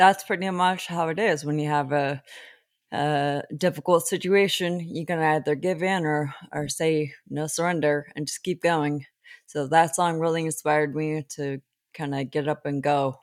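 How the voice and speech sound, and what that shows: A 43-year-old woman with genetic spinocerebellar ataxia type 10, a progressive movement disorder with cerebellar atrophy, speaks with drawn-out vowels and uneven pauses, fitting ataxic dysarthria. Symptoms began in her mid-to-late 20s, with diagnosis in 2013, and the condition affects her walking, grasping and speech.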